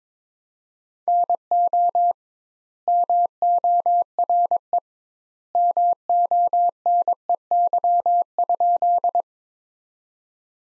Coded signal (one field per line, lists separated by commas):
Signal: Morse code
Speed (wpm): 22 wpm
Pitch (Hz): 700 Hz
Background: none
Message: NO MORE MONEY?